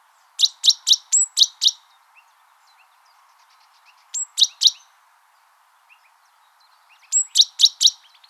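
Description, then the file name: Great tit calls in three bursts of three to six sharp, high notes, some led by a short thin whistle, with quiet gaps between. "Parus major"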